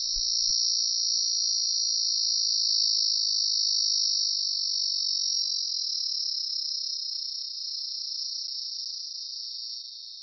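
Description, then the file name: Cicada call: a steady, loud high-pitched buzz held unbroken for the whole ten seconds, easing slightly softer toward the end, with a brief low thump at the start. "Cicada 2-tomasko"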